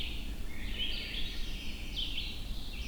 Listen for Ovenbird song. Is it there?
no